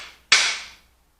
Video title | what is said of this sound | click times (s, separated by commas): How to build a Ford 5.0 Small Block Windsor Engine Part 1 Crankshaft Installation | there you hear the pop when you hear the pop you know it's seated | 0.3 s